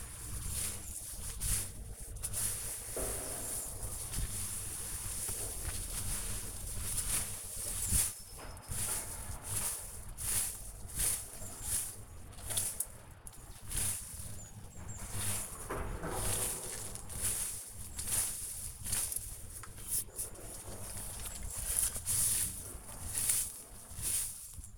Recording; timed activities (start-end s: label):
household activities, microphone on the right wrist
0.00-24.78 s: gardening with a rake